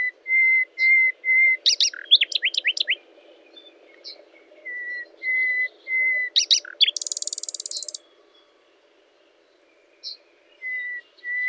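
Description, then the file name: Common nightingale song: series of pure steady whistles repeated about twice a second, broken by rapid descending notes, sharp clicks and a dense buzzy burst. "Luscinia megarhynchos"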